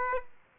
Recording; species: mosquito wingbeat signal from an infrared sensor; Aedes aegypti